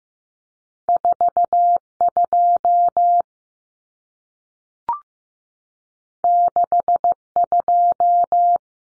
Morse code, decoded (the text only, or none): 42 62